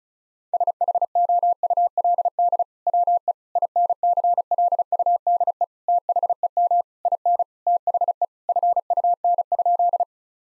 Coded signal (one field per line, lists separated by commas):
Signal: Morse code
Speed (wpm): 34 wpm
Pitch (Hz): 700 Hz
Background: none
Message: SHOULD WE INCLUDE THEM IN THE FUN?